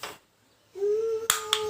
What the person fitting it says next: See, you hear it clicking, and it clicks in, and it's seated.